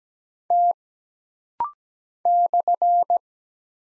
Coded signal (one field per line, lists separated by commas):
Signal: Morse code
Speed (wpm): 17 wpm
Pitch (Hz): 700 Hz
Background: none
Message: T /